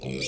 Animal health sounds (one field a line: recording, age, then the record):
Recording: pig call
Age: weaner (32 to 43 days)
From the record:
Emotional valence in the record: negative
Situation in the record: short isolation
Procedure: open field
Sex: female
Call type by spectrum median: low-frequency call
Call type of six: mixed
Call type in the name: high-frequency modulated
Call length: 0.28 s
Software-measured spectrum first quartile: 283 Hz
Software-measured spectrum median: 2116 Hz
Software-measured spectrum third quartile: 4942 Hz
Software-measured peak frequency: 2385 Hz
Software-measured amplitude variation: 113 dB a second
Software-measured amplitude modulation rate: 34.3 a second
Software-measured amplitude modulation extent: 3.3 dB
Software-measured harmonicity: 2.1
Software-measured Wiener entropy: -3.34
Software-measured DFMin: 969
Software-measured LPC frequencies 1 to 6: 466, 2376, 3536, 4643, 5435, 6800 Hz